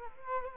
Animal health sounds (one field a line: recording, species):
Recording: mosquito wingbeat signal from an infrared sensor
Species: Culex quinquefasciatus